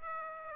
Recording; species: mosquito wingbeat signal from an infrared sensor; Aedes aegypti